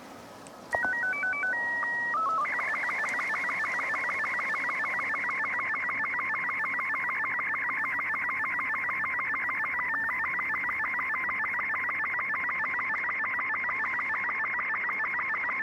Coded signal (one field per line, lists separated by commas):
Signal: SSTV (slow-scan television)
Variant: Robot 36